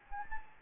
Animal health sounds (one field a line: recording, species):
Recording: mosquito wingbeat signal from an infrared sensor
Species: Anopheles gambiae